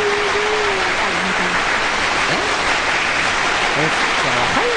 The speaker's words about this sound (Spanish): Dijo no palmas, escuché. Palmas. Las palmas. Palmas todos.